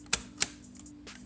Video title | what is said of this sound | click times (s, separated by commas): BUILDING GAMING PC FOR DAVID | it press them both down you'll hear one side click other side clicking | 0.1 s, 0.4 s